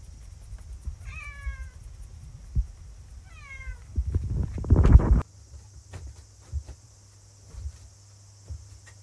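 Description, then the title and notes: Domestic cat meowing twice, each a short, falling, harmonic-rich call, followed by a burst of rustling clatter, with a steady high hum throughout. Family's own cat meowing indoors during hand-sorting of wheat on a summer evening after rain. "ウチのネコチャンの鳴き声"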